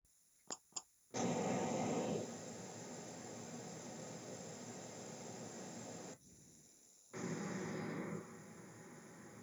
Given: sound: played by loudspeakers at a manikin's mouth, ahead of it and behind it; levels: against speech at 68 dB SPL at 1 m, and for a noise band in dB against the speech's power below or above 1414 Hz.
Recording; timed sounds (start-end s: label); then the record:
test signals for a remote microphone
0.50 s: click
0.75 s: click
1.13-6.13 s: speech-spectrum noise from ahead
7.13-9.43 s: speech-spectrum noise from behind
From the record:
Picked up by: remote microphone A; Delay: 47 ms